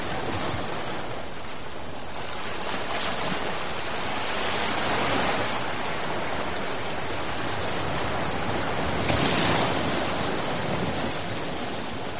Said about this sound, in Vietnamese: Sóng vỗ ì ầm, tung bọt trắng xóa. Dường như biển sắp động.